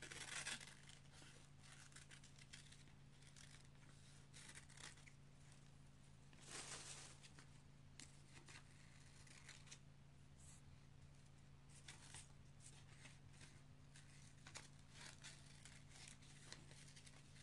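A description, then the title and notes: Newspaper being cut, a run of short crisp snips and rustles scattered through the clip, with a louder burst of crunching paper around the sixth second. A steady low hum sits underneath the whole time. Cutting newspaper.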